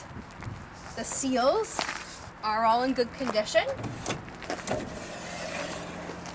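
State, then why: Not seated. Someone talks while a bus emergency door is handled at its latch in the door frame, with a few short knocks and thumps along the way. The door has not latched shut yet, and nothing has seated or clicked.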